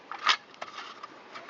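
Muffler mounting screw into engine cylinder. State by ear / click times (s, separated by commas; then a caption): not seated / none. A muffler mounting screw held on an Allen key is lowered down into a deep hole in the engine cylinder of a Shindaiwa T272X string trimmer, before it is threaded in. Small metallic taps of the screw and tool are heard at about 0.1, 0.5, 0.6 and 1.0 seconds. Nothing has seated or clicked yet.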